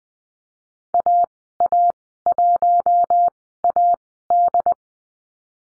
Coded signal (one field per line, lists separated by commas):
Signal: Morse code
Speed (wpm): 20 wpm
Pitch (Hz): 700 Hz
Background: none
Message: AA1AD